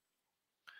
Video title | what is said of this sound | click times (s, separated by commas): Fridays Hands-On - "The basics of drone flights and data extraction for small plot research" | so they go in the back of the drone so you slide them in until you hear a click | 0.7 s